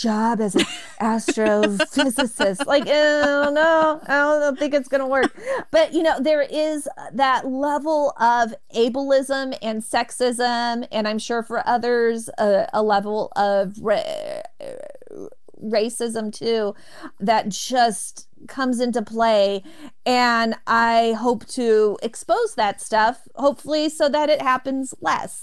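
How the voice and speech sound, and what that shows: An adult woman talks in mostly fluent conversational speech, broken by a few disfluencies: a drawn-out 'r' of about a second, then a pause before the word comes out, plus brief stretched and repeated sounds. These prolongations and blocks fit stuttering.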